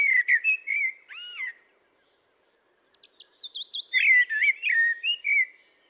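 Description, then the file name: Common blackbird singing a rich, flutey phrase with a ringing note, then a pause before a run of thin high twitters leading into more warbled whistles. "Turdus merula"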